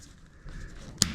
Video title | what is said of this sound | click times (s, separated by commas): Sharkbite Installation | Click it on. | 1.0 s